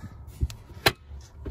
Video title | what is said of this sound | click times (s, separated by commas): Van tour! Vivaro lwb - for sale | and it locks into place as well so that's | 0.9 s